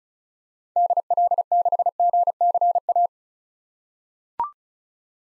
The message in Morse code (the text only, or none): DL6GCA